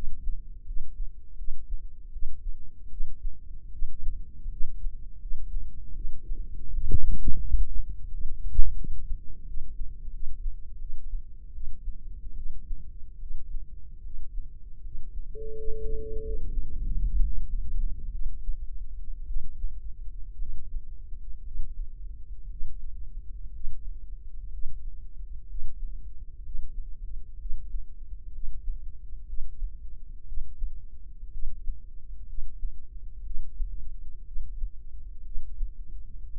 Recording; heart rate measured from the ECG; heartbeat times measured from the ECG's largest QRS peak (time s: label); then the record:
heart sounds by microphone in the left ear; 71 bpm
0.64 s: heartbeat
1.36 s: heartbeat
2.11 s: heartbeat
2.89 s: heartbeat
3.70 s: heartbeat
4.49 s: heartbeat
5.19 s: heartbeat
5.93 s: heartbeat
6.71 s: heartbeat
7.43 s: heartbeat
8.09 s: heartbeat
8.75 s: heartbeat
9.45 s: heartbeat
10.11 s: heartbeat
10.78 s: heartbeat
11.52 s: heartbeat
12.35 s: heartbeat
13.19 s: heartbeat
14.02 s: heartbeat
14.82 s: heartbeat
15.55 s: heartbeat
16.22 s: heartbeat
16.85 s: heartbeat
17.46 s: heartbeat
18.11 s: heartbeat
19.27 s: heartbeat
20.38 s: heartbeat
21.43 s: heartbeat
22.48 s: heartbeat
23.51 s: heartbeat
24.50 s: heartbeat
25.46 s: heartbeat
26.42 s: heartbeat
27.37 s: heartbeat
28.31 s: heartbeat
29.25 s: heartbeat
30.24 s: heartbeat
31.30 s: heartbeat
32.25 s: heartbeat
33.22 s: heartbeat
34.24 s: heartbeat
35.23 s: heartbeat
36.29 s: heartbeat
From the record:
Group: healthy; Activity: rest 0-15 s, breath hold 15-36 s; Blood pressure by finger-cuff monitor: 99/61 mmHg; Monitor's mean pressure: 75 mmHg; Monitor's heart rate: 72 bpm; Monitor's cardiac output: 7 L/min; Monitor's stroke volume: 89 mL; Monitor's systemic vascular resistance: 800 dyn s/cm5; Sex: female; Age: 22 years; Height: 157 cm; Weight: 47.6 kg